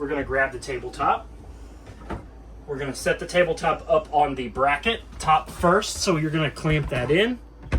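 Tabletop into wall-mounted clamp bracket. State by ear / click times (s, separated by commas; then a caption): not seated / none. Someone talks while handling the dinette tabletop of a 2022 Jayco Jay Flight SLX 7 195RB travel trailer, setting it top edge first onto the wall-mounted bracket so it can be clamped in. A single sharp tap is heard at about 2.1 s. The clip ends before the tabletop goes home, so nothing has seated or clicked yet.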